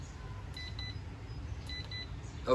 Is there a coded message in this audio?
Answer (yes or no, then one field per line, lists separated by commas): no